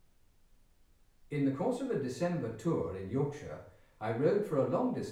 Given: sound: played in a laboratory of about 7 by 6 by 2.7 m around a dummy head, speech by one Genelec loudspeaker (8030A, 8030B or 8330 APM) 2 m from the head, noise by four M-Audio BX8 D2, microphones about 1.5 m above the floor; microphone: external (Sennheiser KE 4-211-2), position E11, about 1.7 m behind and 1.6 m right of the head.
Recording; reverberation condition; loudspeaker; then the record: male speech in English; medium; in front (0 degrees)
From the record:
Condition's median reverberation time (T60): about 510 ms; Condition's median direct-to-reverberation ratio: about -0.5 dB